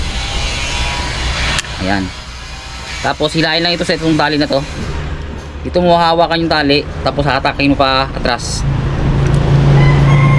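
A spear shaft is handled at a speargun and pulled backward by its line toward the trigger mechanism while someone talks, with a steady low hum in the background. Nothing has seated or clicked into the trigger lock yet.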